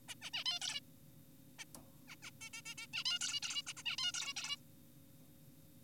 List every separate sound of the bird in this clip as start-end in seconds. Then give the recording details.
0.09-0.15, 0.22-0.30, 0.34-0.44, 0.46-0.59, 0.61-0.80, 1.59-1.65, 2.08-2.16, 2.23-2.31, 2.41-2.49, 2.54-2.62, 2.66-2.74, 2.78-2.87, 2.94-3.04, 3.06-3.19, 3.21-3.40, 3.43-3.62, 3.67-3.73, 3.77-3.83, 3.86-3.96, 3.98-4.12, 4.14-4.33, 4.37-4.56. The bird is an adult. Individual g4p5U